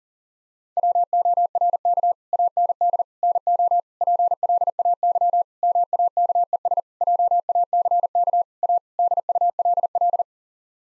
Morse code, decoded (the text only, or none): WORK AND NO PLAY MAKES JACK A DULL